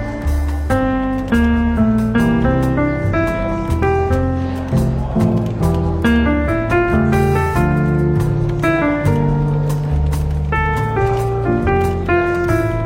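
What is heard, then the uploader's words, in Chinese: Soft, easygoing jazz plays in a bookshop café, with a walking bass line, sustained chords and a light, steady beat ticking along at an even pace. The music stays full and level throughout, with faint murmuring voices possibly mixed beneath it. 伦敦书店咖啡馆轻微喧闹氛围与柔和轻松的爵士背景音乐。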